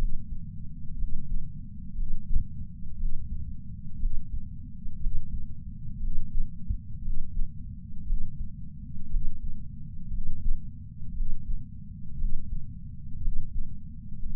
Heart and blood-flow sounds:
heart sounds by patch sensor on the chest; 59 bpm
0.94 s: heartbeat
1.93 s: heartbeat
2.95 s: heartbeat
3.96 s: heartbeat
4.97 s: heartbeat
5.98 s: heartbeat
7.00 s: heartbeat
8.03 s: heartbeat
9.07 s: heartbeat
10.08 s: heartbeat
11.12 s: heartbeat
12.15 s: heartbeat
13.18 s: heartbeat
14.20 s: heartbeat
From the record:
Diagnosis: coronary artery disease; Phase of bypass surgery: postoperative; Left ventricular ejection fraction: 61.7%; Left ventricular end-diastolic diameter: 51 mm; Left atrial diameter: 37 mm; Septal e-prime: 6.5 cm/s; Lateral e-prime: 9.2 cm/s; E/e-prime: 11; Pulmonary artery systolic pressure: 22 mmHg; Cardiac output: 4.8 L/min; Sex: male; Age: 59 years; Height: 168 cm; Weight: 81 kg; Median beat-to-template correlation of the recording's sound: 0.85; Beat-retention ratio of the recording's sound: 1.00

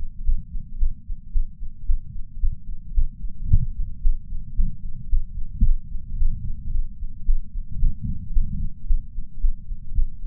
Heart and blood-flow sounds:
heart sounds by patch sensor on the chest; 111 bpm
0.24 s: heartbeat
0.78 s: heartbeat
1.32 s: heartbeat
1.86 s: heartbeat
2.39 s: heartbeat
2.93 s: heartbeat
3.47 s: heartbeat
4.01 s: heartbeat
4.55 s: heartbeat
5.09 s: heartbeat
5.63 s: heartbeat
6.17 s: heartbeat
6.71 s: heartbeat
7.25 s: heartbeat
7.79 s: heartbeat
8.32 s: heartbeat
8.86 s: heartbeat
9.40 s: heartbeat
9.94 s: heartbeat
From the record:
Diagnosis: coronary artery disease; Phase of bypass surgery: postoperative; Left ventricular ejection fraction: 71.2%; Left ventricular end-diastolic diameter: 40 mm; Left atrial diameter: 32 mm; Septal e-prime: 7.5 cm/s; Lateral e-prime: 10.9 cm/s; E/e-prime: 8.9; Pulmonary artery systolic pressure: 32 mmHg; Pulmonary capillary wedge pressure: 12 mmHg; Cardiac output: 5.45 L/min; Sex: female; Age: 65 years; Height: 153 cm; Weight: 51.5 kg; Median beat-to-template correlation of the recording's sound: 0.91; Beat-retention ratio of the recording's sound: 0.96

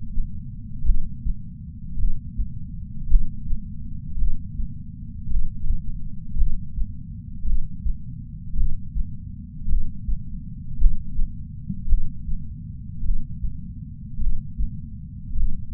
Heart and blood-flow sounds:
heart sounds by patch sensor on the chest; 54 bpm
0.83 s: heartbeat
1.96 s: heartbeat
3.08 s: heartbeat
4.16 s: heartbeat
5.28 s: heartbeat
6.35 s: heartbeat
7.44 s: heartbeat
8.54 s: heartbeat
9.66 s: heartbeat
10.78 s: heartbeat
11.86 s: heartbeat
13.02 s: heartbeat
14.18 s: heartbeat
15.34 s: heartbeat
From the record:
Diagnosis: coronary artery disease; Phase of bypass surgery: postoperative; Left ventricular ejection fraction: 51.3%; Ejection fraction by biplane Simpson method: 50.8%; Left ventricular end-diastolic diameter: 53 mm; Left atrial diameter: 44 mm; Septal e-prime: 5.6 cm/s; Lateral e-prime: 9.8 cm/s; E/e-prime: 14.5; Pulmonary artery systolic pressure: 20 mmHg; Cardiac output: 6.3 L/min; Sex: male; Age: 70 years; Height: 165 cm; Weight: 70 kg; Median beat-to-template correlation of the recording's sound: 0.86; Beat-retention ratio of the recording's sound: 1.00

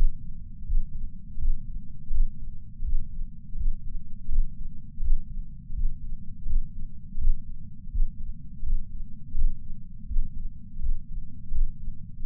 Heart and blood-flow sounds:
heart sounds by patch sensor on the chest; 83 bpm
0.64 s: heartbeat
1.38 s: heartbeat
2.10 s: heartbeat
2.82 s: heartbeat
3.56 s: heartbeat
4.28 s: heartbeat
5.00 s: heartbeat
5.73 s: heartbeat
6.46 s: heartbeat
7.17 s: heartbeat
7.89 s: heartbeat
8.62 s: heartbeat
9.34 s: heartbeat
10.06 s: heartbeat
10.79 s: heartbeat
11.51 s: heartbeat
12.22 s: heartbeat
From the record:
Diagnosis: coronary artery disease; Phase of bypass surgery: postoperative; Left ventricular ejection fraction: 60%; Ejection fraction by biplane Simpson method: 61.8%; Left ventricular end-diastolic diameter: 47 mm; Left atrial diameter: 40 mm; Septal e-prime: 4.5 cm/s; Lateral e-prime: 6.3 cm/s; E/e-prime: 20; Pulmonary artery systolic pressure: 28 mmHg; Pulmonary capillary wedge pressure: 14 mmHg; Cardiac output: 5.9 L/min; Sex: male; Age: 62 years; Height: 165 cm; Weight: 72 kg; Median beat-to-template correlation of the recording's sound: 0.87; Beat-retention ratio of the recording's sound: 1.00

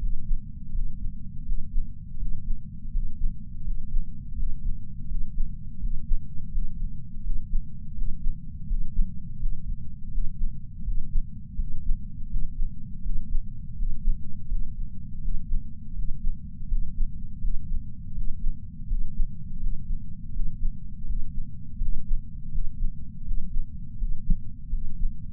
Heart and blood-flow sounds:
heart sounds by patch sensor on the chest; 83 bpm
0.71 s: heartbeat
1.44 s: heartbeat
2.17 s: heartbeat
2.90 s: heartbeat
3.61 s: heartbeat
4.35 s: heartbeat
5.07 s: heartbeat
5.79 s: heartbeat
6.50 s: heartbeat
7.22 s: heartbeat
7.94 s: heartbeat
8.66 s: heartbeat
9.38 s: heartbeat
10.10 s: heartbeat
10.83 s: heartbeat
11.56 s: heartbeat
12.27 s: heartbeat
13.01 s: heartbeat
13.74 s: heartbeat
14.46 s: heartbeat
15.20 s: heartbeat
15.94 s: heartbeat
16.67 s: heartbeat
17.40 s: heartbeat
18.13 s: heartbeat
18.86 s: heartbeat
19.59 s: heartbeat
20.32 s: heartbeat
21.05 s: heartbeat
21.78 s: heartbeat
22.50 s: heartbeat
23.23 s: heartbeat
23.97 s: heartbeat
24.70 s: heartbeat
From the record:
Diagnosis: coronary artery disease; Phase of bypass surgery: postoperative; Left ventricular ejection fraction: 59.1%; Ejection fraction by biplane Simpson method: 55%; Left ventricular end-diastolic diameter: 46 mm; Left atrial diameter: 34 mm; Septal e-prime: 8 cm/s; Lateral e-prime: 6.5 cm/s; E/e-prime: 8.7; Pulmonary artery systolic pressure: 22 mmHg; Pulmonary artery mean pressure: 11 mmHg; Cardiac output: 4.38 L/min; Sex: male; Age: 58 years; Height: 160 cm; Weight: 70 kg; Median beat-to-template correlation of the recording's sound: 0.85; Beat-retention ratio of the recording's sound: 0.99

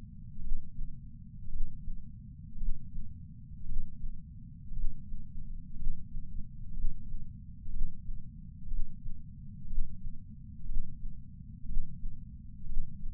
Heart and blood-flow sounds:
heart sounds by patch sensor on the chest; 59 bpm
0.39 s: heartbeat
1.48 s: heartbeat
2.56 s: heartbeat
3.64 s: heartbeat
4.72 s: heartbeat
5.74 s: heartbeat
6.72 s: heartbeat
7.69 s: heartbeat
8.66 s: heartbeat
9.65 s: heartbeat
10.64 s: heartbeat
11.64 s: heartbeat
12.65 s: heartbeat
From the record:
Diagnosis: coronary artery disease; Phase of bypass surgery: intraoperative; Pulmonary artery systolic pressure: 28 mmHg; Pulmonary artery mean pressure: 14 mmHg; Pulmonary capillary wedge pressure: 11 mmHg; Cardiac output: 5.5 L/min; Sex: male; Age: 57 years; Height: 175 cm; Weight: 80 kg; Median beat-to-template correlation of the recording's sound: 0.94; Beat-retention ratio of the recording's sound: 0.97

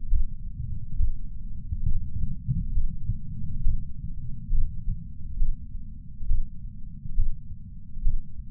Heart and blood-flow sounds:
heart sounds by patch sensor on the chest; 68 bpm
0.09 s: heartbeat
0.96 s: heartbeat
1.85 s: heartbeat
2.73 s: heartbeat
3.63 s: heartbeat
4.51 s: heartbeat
5.37 s: heartbeat
6.27 s: heartbeat
7.15 s: heartbeat
8.03 s: heartbeat
From the record:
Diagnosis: coronary artery disease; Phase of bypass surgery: preoperative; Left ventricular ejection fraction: 58.9%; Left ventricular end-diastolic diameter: 51 mm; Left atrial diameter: 51 mm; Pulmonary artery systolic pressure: 40 mmHg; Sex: male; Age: 73 years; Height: 170 cm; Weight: 85 kg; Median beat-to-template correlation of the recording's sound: 0.81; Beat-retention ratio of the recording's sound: 0.95

